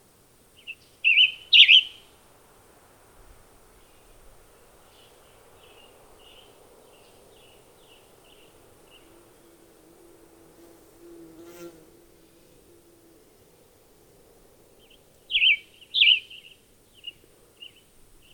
Western Tanager song recorded on the Cub Lake Trail in Rocky Mountain National Park.